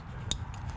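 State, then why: Seated. A new metal brake pad abutment clip, set evenly on the front brake caliper bracket of a 2017-2022 Honda CR-V, is pressed down and snaps into place with a sharp, bright metallic click at 0.3 s. A fainter tick follows at about 0.7 s over low background rumble. The clip is seated.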